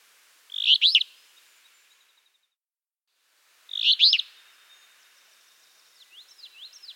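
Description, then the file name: Alder flycatcher sings a short, harsh, burry two-part phrase twice, about three seconds apart, with a thin zigzagging song from another bird entering at the end. "Empidonax alnorum - Alder Flycatcher"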